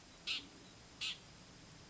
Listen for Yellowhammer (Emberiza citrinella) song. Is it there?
no